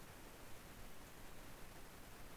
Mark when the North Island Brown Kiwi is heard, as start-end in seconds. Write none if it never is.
none